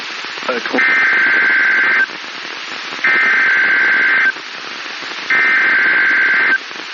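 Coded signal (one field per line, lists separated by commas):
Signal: Emergency Alert System (SAME) tones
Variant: header bursts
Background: speech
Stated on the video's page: Tornado warning from NOAA weather radio station in Tulsa, Oklahoma, issued by the National Weather Service.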